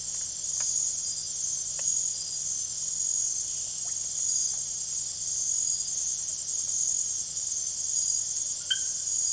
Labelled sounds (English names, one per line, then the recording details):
none
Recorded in secondary vegetation near Puerto Asís, Putumayo, Colombia, on 25 June 2025 at 01:30
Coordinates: 0.489, -76.322
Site G021